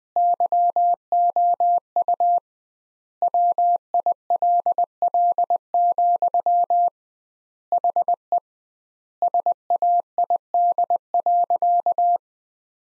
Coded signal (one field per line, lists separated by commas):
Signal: Morse code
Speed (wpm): 20 wpm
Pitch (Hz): 700 Hz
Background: none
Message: YOU WILL, HE SAID.